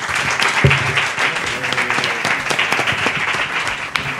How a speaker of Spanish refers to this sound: Un aplauso para estos que se han animado a venir hoy.